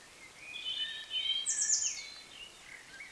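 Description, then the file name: European robin song, a short run of thin, high warbled notes with sliding whistles and a bright trill, starting softly, peaking mid-phrase, then fading out. "Erithacus rubecula"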